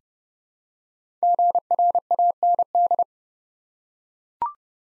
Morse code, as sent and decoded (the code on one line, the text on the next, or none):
--. .-. .- -. -..
GRAND